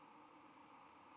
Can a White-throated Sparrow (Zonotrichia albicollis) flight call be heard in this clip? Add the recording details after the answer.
no. Another species' flight call is heard. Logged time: 06:07 on 31 October 2014